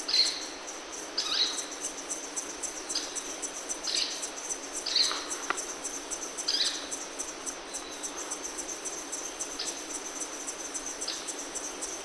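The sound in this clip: Streaked flycatcher uttering short, piercing squeaky notes, spaced irregularly, against a steady shrill insect hum.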